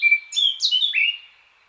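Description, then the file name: Eurasian blackcap song phrase, a brief burst of bright whistled notes sliding up and down, then fading out. "Sylvia atricapilla"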